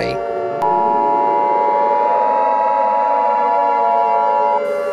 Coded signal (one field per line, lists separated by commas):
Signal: Emergency Alert System (SAME) tones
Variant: 853 and 960 Hz attention tone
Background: speech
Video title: EAS SCENARIO - Black Hole